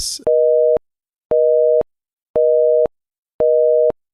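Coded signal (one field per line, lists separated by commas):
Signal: telephone call progress tone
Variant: North America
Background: speech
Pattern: busy tone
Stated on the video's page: Busy signal, a retro sound from back in the day.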